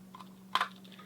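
The plastic body shell of a Kyosho Mini-Z 4X4 Toyota 4Runner (HiLux) mini RC crawler is pulled off its chassis, where it is held by body posts without clips. Faint light ticks come before a sharp pop at 0.6 s as the shell comes free of the posts, followed by a quick second rattle and a few soft ticks. The body is released.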